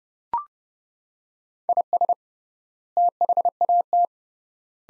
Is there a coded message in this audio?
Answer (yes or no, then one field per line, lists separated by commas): yes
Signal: Morse code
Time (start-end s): 1.7-4.0 s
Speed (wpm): 29 wpm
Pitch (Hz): 700 Hz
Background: none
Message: IS THAT